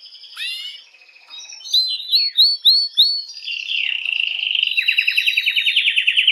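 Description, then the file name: Canary warbling with scattered notes, then a clear run of rising chirps leading into a fast buzzy trill that continues to the end. Belgian mosaic canary. "canto do canario belga mosaico"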